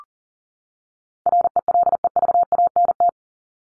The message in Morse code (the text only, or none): RELEVANT